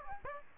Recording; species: mosquito wingbeat signal from an infrared sensor; Aedes aegypti